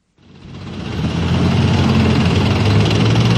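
Heavy tank engines of Leopard 2 and PT-91 Twardy tanks heading to a military parade dress rehearsal in Warsaw rumble with a deep, steady drone that swells quickly from silence and then holds loud and constant, with a rough low-pitched growl and no voices.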